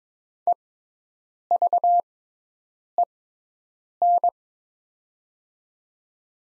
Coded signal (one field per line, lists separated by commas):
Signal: Morse code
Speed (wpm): 22 wpm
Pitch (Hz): 700 Hz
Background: none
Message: EVEN